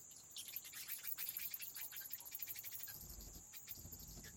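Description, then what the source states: Bat wing flaps: a rapid fluttering run of soft papery beats over about two seconds, then quieter scattered flutters, with a constant high-pitched hiss throughout. Wing flaps of bats in a cave habitat.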